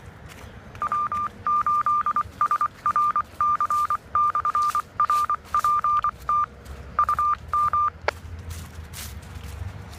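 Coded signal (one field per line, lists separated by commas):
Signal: Morse code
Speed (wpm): 25 wpm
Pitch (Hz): 1200 Hz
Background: none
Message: W8SRC/RPT UM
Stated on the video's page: Morse ident of a new UHF 446.875 simplex repeater running 5 watts on battery power during a range test.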